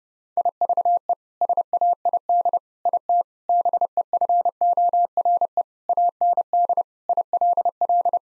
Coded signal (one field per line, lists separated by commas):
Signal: Morse code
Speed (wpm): 30 wpm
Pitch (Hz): 700 Hz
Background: none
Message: IVE SAID IT BEFORE AND ILL